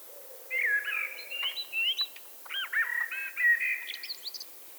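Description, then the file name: Eurasian blackbird singing mellow, fluty warbled phrases, ending in thin high squeaky notes. "Turdus merula"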